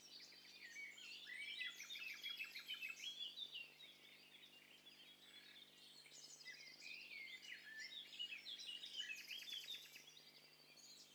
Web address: Hi Fi STEREO BIRD COCKTAIL PARTY Challenge SBCP TESTSET HDBird Cocktail Party